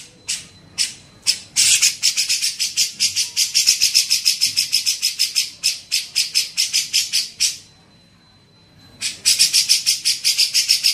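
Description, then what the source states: Grey-cheeked bulbul giving harsh, rasping chatter notes in rapid runs of about three per second, broken by a short pause, with a faint steady high whine. Masteran training recording made for teaching songbirds; Indonesian name cucak jenggot.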